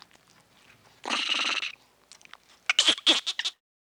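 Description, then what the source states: Monkey chatter: a harsh buzzy burst lasting under a second, then a quick cluster of sharp high squeaks and chirps. Chattering and chirping, tiny chit-chat.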